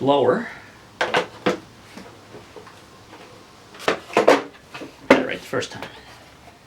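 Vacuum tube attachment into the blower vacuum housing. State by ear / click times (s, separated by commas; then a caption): not seated / none. Someone talks while fitting the vacuum tube attachment onto the housing of a Toro Super Electric Blower Vacuum, with short plastic handling knocks and taps between the words. The attachment is only being handled and has not seated or clicked into place yet.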